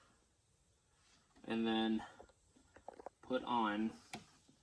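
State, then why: Seated. Someone talks while a ground wire terminal connector is pushed onto the terminal of a solar energizer battery, with faint small ticks around 2.8–3.1 s. A sharp click at 4.1 s marks the connector seating on the terminal, leaving both battery terminals connected.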